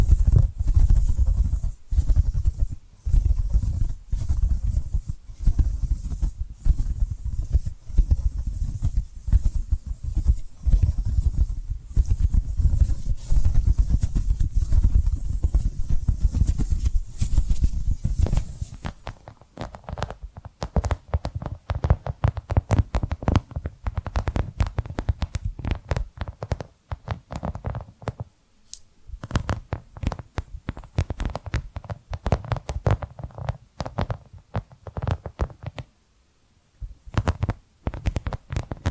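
Hypnotic tapping and scratching in a steady, dense run of quick strokes. For the first twenty seconds the sound is heavier and fuller, with a deep rumbling undertone; after that it turns thinner and crisper, with a few brief pauses near 29 and 36 seconds.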